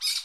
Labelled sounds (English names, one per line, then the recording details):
Brown-throated Parakeet contact call
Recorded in Curacao
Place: Hoffi Jan Thiel
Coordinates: 12.094, -68.877